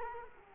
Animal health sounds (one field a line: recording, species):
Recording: mosquito wingbeat signal from an infrared sensor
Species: Culex quinquefasciatus